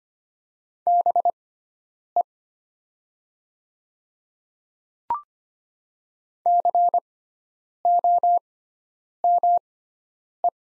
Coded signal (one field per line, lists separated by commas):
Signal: Morse code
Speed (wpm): 25 wpm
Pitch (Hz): 700 Hz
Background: none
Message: BE COME